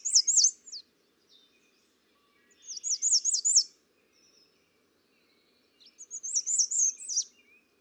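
American redstart repeating a high phrase of evenly spaced sweeping notes, three times about three seconds apart, with faint lower twitters between.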